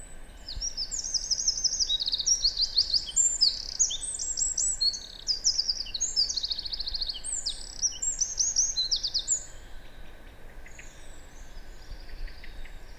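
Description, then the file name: Eurasian wren song: a long, rapid cascade of shrill notes and rattling trills for about nine seconds, fading to softer high twitters over constant hiss. "Troglodytes troglodytes"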